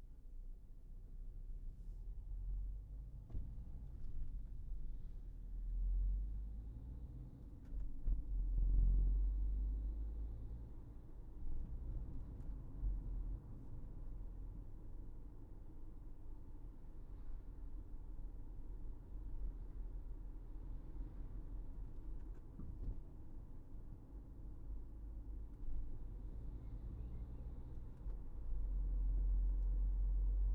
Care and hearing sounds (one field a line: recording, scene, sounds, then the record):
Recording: everyday scene through a hearing-aid microphone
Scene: in a vehicle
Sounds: engine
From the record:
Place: Berlingo II, diesel engine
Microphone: behind the ear, right, front